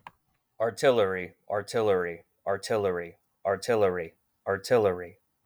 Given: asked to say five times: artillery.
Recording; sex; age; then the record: repeated word; male; 30 to 39 years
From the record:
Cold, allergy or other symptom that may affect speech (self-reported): no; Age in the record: 30 years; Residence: Ohio, United States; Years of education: 17